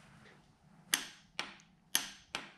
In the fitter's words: 40 foot-pounds, you hear the click.